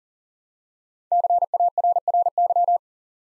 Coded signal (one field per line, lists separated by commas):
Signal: Morse code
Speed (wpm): 42 wpm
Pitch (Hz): 700 Hz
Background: none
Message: CARRY